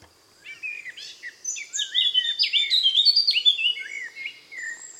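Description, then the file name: Eurasian blackcap giving a continuous rich warble of rapid mixed notes that grows louder midway and ends on softer whistled notes. "Sylvia atricapilla"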